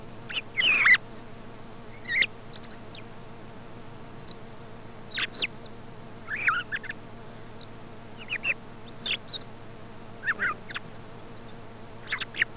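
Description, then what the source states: Thrush song: short scattered phrases of high squeaky notes and brief warbles with long pauses between them, over a steady low electrical hum. Commercial lure recording sold by a Càlig company for parany bird trapping.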